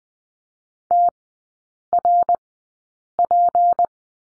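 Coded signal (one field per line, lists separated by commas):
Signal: Morse code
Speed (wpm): 20 wpm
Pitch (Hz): 700 Hz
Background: none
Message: TRP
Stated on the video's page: Morse course lesson on the letter P in three-character groups, at Farnsworth speed 20/10 wpm.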